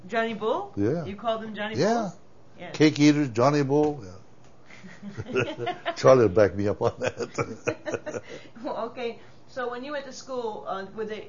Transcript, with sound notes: Johnny Bull?
Yeah.
You called they Johnny Bull?
Yeah, cake-eaters, Johnny Bull, yeah. (they laugh.) Charlie will back me up on that.
Well, Okay, So when you went to school, um, were they...